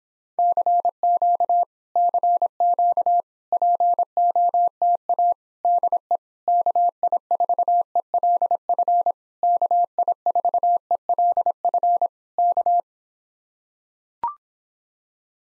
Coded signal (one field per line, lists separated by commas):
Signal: Morse code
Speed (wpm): 26 wpm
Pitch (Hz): 700 Hz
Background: none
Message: CQ CQ POTA DE KI4ELF KI4ELF K